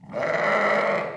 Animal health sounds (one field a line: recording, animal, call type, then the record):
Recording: contact call of a hoofed animal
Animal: sheep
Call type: low-frequency (closed-mouth) or high-frequency (open-mouth) call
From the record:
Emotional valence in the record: negative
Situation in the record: short social isolation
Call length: 1.17 s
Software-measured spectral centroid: 1660 Hz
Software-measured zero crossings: 1920 a second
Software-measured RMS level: -24 dBFS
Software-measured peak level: -11 dBFS